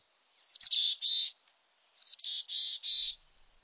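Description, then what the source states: Mountain chickadee calls: two hoarse, buzzy series, each opening with quick sharp notes and ending in two drawn-out husky dee notes. Husky voice; heard among conifers in the Rocky Mountains.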